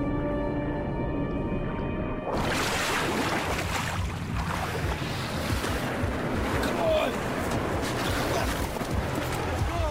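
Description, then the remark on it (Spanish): In a video game trailer, a steady tonal hum gives way abruptly to a loud splash as figures fall into water, followed by continuous churning surf and the rumbling drone of a boat moving through waves. “Caen en el agua, ahí está.”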